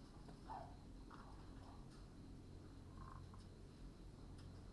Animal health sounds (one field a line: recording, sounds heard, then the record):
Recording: poultry house recording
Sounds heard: sick chickens (respiratory disease)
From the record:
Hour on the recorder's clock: 21